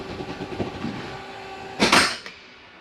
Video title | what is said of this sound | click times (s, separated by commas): XLR Hyperlite XLT2815 Orientation | you hear it click in now | 1.9 s